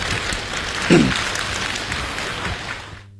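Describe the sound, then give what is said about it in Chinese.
An audience applauds steadily after a Chinese crosstalk (xiangsheng) comedy performance by Jia Ling and Bai Kainan, a dense crackle of many hands clapping for about three seconds, with a brief louder swell near the start before the clapping thins and fades out. “从大家的掌声当中看来，对他们这种创新还是比较认可。”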